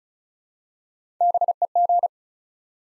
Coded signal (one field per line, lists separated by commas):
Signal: Morse code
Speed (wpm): 36 wpm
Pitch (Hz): 700 Hz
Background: none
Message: BEG